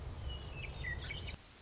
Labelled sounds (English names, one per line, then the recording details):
Western Meadowlark
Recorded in Sonoma County, California